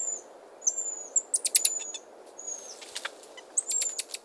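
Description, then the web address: Buffy-headed marmoset whistles: thin, very high piercing notes, some sliding downward, mixed with sharp clicking chirps over a soft steady hiss. South American rainforest primate. "Nature Songs S America Primates of the Rainforest Buffy-headed marmoset"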